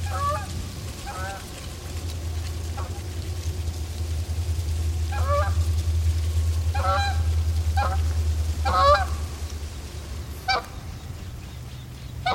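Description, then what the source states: Goose: geese honking in scattered groups of nasal calls throughout, over a constant low roar of wind. Geese flying, with icy winter wind.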